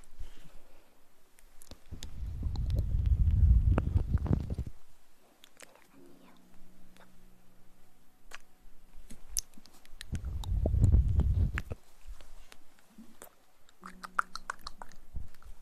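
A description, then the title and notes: Mouth sounds: two bursts of low, breathy rumble, from about 2 to 4.5 seconds and again around 10 to 12, like air pushed through the lips. Between them, a low steady hum holds for a few seconds, and sharp clicks and smacks pop out throughout. Mouth Sounds.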